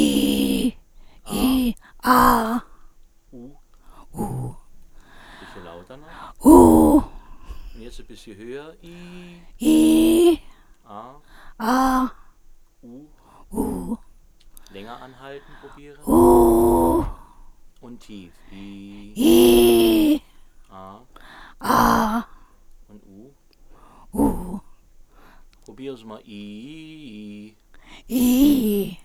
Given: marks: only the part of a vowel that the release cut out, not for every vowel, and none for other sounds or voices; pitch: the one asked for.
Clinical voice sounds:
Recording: sustained vowels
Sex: female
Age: 60 to 69 years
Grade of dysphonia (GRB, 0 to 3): 3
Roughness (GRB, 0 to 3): 2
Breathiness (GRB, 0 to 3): 3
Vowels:
0.00-0.53 s: vowel /i/, normal pitch
9.71-10.28 s: vowel /i/, high pitch
19.35-20.00 s: vowel /i/, low pitch
21.70-22.20 s: vowel /a/, low pitch
28.18-28.80 s: vowel /i/, low-high-low pitch
From the record:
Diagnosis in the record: recurrent laryngeal nerve paralysis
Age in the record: 67 years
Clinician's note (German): Links, ohne Kompensation nach Strumektomie, keine Eigenbeweglichkeit

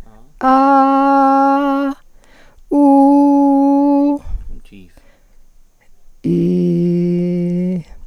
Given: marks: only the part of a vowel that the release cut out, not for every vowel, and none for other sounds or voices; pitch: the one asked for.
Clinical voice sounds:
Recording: sustained vowels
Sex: female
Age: 50 to 59 years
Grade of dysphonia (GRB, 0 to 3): 0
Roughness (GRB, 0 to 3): 0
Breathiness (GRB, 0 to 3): 0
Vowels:
0.46-1.82 s: vowel /a/, high pitch
2.78-4.01 s: vowel /u/, high pitch
6.31-7.70 s: vowel /i/, low pitch
From the record:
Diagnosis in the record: psychogenic dysphonia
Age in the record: 58 years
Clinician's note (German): Ponogen; psychogene Dysphonie

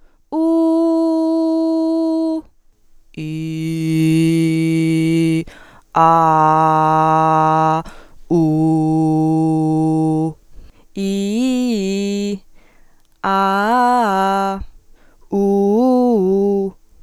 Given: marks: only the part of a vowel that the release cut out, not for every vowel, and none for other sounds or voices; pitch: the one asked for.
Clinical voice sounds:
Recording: sustained vowels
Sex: female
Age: 20 to 29 years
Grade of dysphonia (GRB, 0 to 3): 0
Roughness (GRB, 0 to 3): 0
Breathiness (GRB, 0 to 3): 0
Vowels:
0.62-2.14 s: vowel /u/, high pitch
3.86-5.27 s: vowel /i/, low pitch
6.22-7.64 s: vowel /a/, low pitch
8.60-10.05 s: vowel /u/, low pitch
11.18-12.24 s: vowel /i/, low-high-low pitch
13.43-14.45 s: vowel /a/, low-high-low pitch
15.49-16.57 s: vowel /u/, low-high-low pitch
From the record:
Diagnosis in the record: healthy voice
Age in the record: 25 years

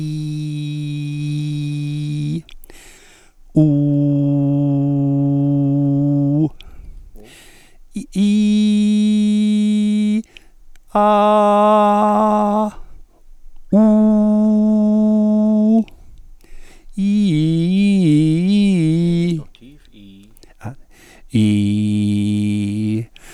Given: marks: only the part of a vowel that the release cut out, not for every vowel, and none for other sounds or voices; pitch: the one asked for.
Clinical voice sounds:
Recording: sustained vowels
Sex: male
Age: 60 to 69 years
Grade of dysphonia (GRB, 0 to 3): 0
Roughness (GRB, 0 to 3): 0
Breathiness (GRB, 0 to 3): 0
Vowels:
0.00-1.91 s: vowel /i/, normal pitch
4.12-5.99 s: vowel /u/, normal pitch
8.37-9.73 s: vowel /i/, high pitch
11.11-12.49 s: vowel /a/, high pitch
13.96-15.65 s: vowel /u/, high pitch
21.59-22.93 s: vowel /i/, low pitch
From the record:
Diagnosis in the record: functional dysphonia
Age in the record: 62 years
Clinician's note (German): Ponogene funktionelle Dysphonie, gut austherapierte kompensierte Dysphonie

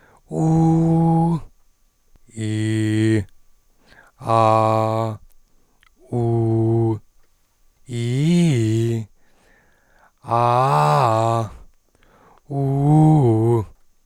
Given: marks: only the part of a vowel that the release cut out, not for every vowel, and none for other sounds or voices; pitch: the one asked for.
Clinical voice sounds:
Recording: sustained vowels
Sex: male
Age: 20 to 29 years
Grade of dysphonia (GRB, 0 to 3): 2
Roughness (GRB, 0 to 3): 2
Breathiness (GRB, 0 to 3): 2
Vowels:
0.45-1.24 s: vowel /u/, high pitch
2.50-3.14 s: vowel /i/, low pitch
4.33-5.01 s: vowel /a/, low pitch
6.19-6.87 s: vowel /u/, low pitch
8.01-8.91 s: vowel /i/, low-high-low pitch
10.37-11.35 s: vowel /a/, low-high-low pitch
12.62-13.54 s: vowel /u/, low-high-low pitch
From the record:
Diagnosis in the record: recurrent laryngeal nerve paralysis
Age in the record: 23 years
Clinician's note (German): Rec Par. in Intermediärstellung, keine strob. Restbeweglichkeit

